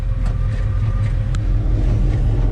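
The rear cargo door latch of a 1972 Chevy C-10 Custom Panel Wagon is worked by a release button under the dash, but the latch fails to release because it needs more of a spring. A steady low rumble fills the clip, with one brief sharp sound at 1.4 s. Nothing has clicked yet.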